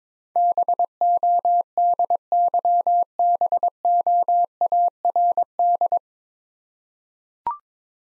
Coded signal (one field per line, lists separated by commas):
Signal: Morse code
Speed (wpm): 22 wpm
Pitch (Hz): 700 Hz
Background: none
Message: BODYBOARD